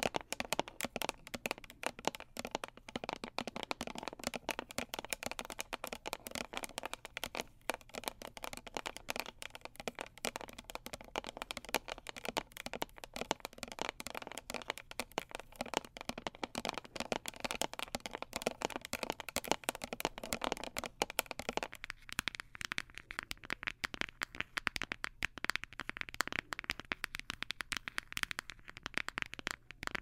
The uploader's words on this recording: ASMR Dark & Relaxing Tapping For Sleep (No Talking).